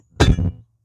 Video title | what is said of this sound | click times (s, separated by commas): mower tire removal and tube patching | there went you heard it pop these were really easy | 0.2 s